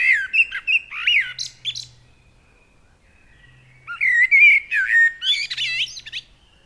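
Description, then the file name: Common blackbird song: two phrases, each a low fluted warble that breaks into high squeaky twittering, with a pause of about two seconds between them; faint low hum. "Turdus merula"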